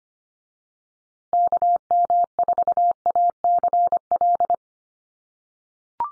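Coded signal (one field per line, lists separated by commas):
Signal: Morse code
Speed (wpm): 25 wpm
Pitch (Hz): 700 Hz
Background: none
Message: KM4ACL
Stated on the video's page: Morse code drill at 25 wpm: USA call signs each sent three times for head-copy practice, then spoken, then sent again.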